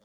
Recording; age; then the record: pig call; piglet (1 to 25 days)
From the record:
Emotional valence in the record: positive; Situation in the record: reunion after long isolation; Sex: male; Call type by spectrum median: low-frequency call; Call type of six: low-frequency tonal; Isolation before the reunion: 8 minutes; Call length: 0.05 s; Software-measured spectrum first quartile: 410 Hz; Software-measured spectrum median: 853 Hz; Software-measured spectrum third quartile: 3552 Hz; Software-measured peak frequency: 540 Hz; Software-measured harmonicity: -0.1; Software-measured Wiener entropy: -2.29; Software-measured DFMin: 975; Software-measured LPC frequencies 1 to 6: 553, 1764, 3461, 4549, 5142, 5975 Hz